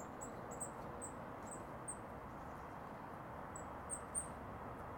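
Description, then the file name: Eurasian blue tit calls: thin, high notes repeated at irregular intervals, with continuous low rumble behind. "Cyanistes caeruleus"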